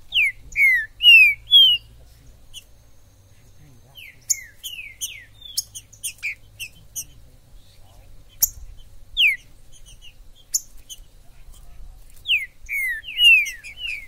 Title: ESQUENTAR Seu TRINCA Piando, Cantando E Macheando Na DISPUTA. TRINCA FERRO no MATO. Trinca ferro MAJOR no MATO